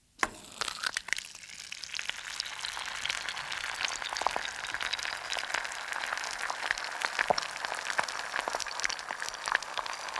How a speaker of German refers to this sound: Komm, ich hau dir ein Ei von meinen Hühnern in die Pfanne.